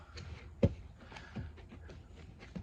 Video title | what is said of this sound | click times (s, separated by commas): Custom C10 Armrests! How and why to make them | She pops right in. | 0.6 s